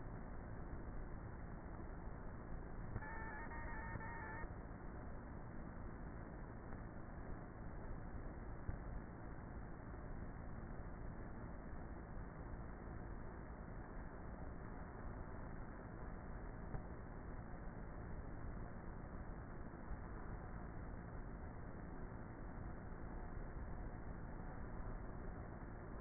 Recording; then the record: honeybee colony, microphone inside the hive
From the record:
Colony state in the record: queenless with a low population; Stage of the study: before two queens were removed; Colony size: about 30,000 bees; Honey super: no